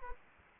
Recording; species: mosquito wingbeat signal from an infrared sensor; Anopheles gambiae